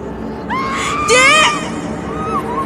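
A person screams hysterically, like someone possessed: a shrill, frantic scream with wavering high pitch rises sharply, peaking in a loud wailing burst before trailing into fainter cries over a murmuring background.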